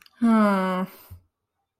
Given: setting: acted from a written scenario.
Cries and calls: vocal sound without words; embarrassment

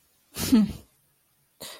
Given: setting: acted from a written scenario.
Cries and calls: vocal sound without words; disappointment

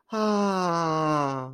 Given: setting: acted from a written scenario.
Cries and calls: vocal sound without words; elation

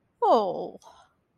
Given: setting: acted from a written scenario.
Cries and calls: vocal sound without words; sympathy

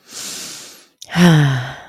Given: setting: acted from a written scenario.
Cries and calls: vocal sound without words; serenity

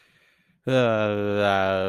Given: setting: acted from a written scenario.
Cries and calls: vocal sound without words; embarrassment

